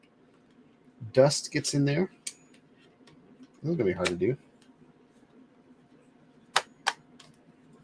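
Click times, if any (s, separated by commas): none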